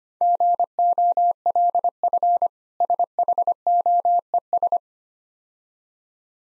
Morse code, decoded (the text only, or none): GOLF SHOES